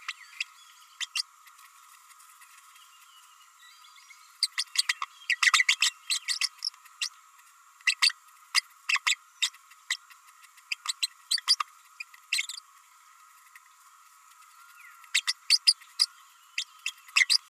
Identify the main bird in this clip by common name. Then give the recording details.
Green-rumped Parrotlet. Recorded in a nest box in Venezuela. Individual 18B104A5